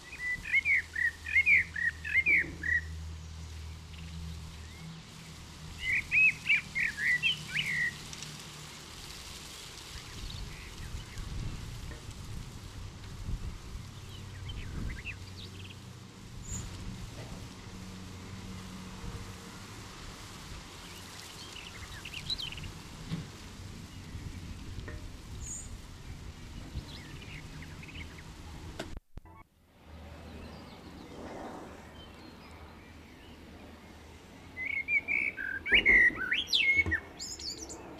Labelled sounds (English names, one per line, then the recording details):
Common Blackbird song
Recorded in the wild
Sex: male
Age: adult
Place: Kaiserslautern, Rheinland-Pfalz, DE
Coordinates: 49.4247, 7.77889
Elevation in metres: 279
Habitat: garden
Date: 1976-05-30
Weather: sehr windig
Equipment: Nagra IV, Sennheiser MKH 405, Parabolreflektor
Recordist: Tretzel, Erwin